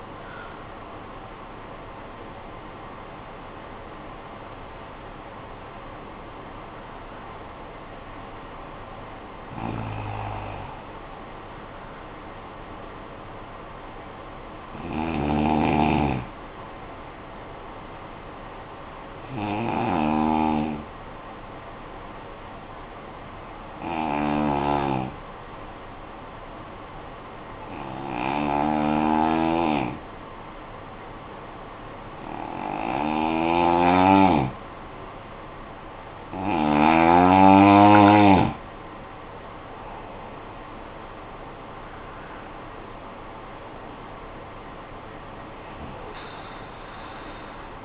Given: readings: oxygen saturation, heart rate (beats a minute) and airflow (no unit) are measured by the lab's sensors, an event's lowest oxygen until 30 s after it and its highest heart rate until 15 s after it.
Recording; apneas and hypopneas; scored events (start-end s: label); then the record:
breathing in sleep by a voice recorder at the bedside; 1
11.00-41.00 s: new sleep stage, N1 (lightest sleep)
20.00-37.90 s: hypopnea (N1, oxygen 97% highest, then 85% lowest, heart rate 54 at the start, 73 highest)
41.00-47.85 s: new sleep stage, N2 (light sleep)
From the record:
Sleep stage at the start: N2 (light sleep); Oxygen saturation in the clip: 87 to 97%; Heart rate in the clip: 52 to 75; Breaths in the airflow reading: 11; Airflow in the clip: -13.2 to 16.3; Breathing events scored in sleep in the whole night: 445 in 7.6 hours asleep